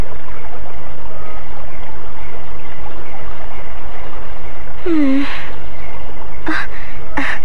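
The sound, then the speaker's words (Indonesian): A river where a man bathes flows with a steady, continuous rushing hiss throughout, broken once by a brief rising chirp and a couple of short, sharp splashy bursts toward the end. “Dia menuju ke sungai.”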